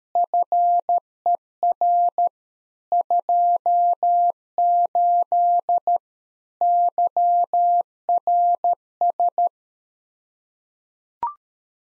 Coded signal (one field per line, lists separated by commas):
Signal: Morse code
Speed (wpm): 13 wpm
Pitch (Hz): 700 Hz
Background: none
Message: FER 28 YRS